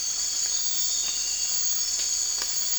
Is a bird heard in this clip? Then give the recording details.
no. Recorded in dense forest near Puerto Asís, Putumayo, Colombia, on 12 March 2025 at 03:30. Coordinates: 0.484, -76.317. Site G064